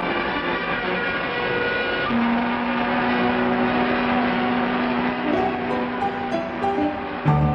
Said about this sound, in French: Escorté de dizaines de bateaux, salué par les sirènes de tous les navires, survolé par des hélicoptères, au milieu des gerbes d'eau des bateaux-pompes, France poursuit sa marche triomphale vers son quai d'accostage.